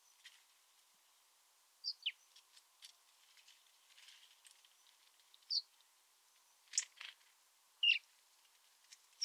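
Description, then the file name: House sparrow chirps, short sharp notes given singly and in pairs at irregular gaps, with faint scratchy ticks between them. "Passer domesticus"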